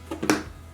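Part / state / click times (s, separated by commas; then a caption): plastic lid onto plastic storage shoebox / seated / 0.3 s. A plastic lid is pressed onto a plastic shoebox-style storage bin. Two softer taps at about 0.1 s and 0.2 s lead up to a sharp click at 0.3 s, with music playing in the background. The click shows the lid has snapped shut and is tightly on.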